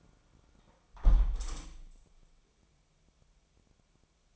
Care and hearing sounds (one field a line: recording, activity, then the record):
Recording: daily activity, microphone in the room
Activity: close window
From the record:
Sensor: 1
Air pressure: 1000.5 hPa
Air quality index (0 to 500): 181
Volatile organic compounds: 4 ppm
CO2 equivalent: 1668 ppm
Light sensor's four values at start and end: 10/25/10/12 and 10/25/10/12